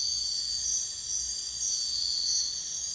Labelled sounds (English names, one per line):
none